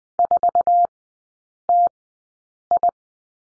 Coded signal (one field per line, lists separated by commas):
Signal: Morse code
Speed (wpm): 20 wpm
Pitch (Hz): 700 Hz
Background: none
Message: 4TI